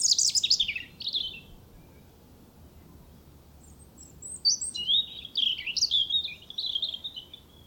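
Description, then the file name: European robin song opening with steep descending high notes, a pause, then a long flowing string of wavering, silvery phrases. "Erithacus rubecula"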